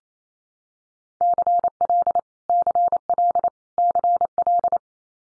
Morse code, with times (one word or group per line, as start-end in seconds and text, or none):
1.2-2.2 CL
2.5-3.5 CL
3.8-4.8 CL